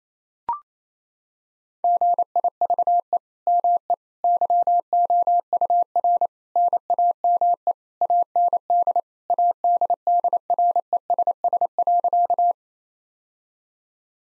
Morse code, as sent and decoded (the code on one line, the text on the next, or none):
--. .. ...- . / -- . / -.-- --- ..- .-. / -. .- -- . / .- -. -.. / .- -.. -.. .-. . ... ... .-.-.-
GIVE ME YOUR NAME AND ADDRESS.